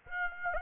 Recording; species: mosquito wingbeat signal from an infrared sensor; Aedes aegypti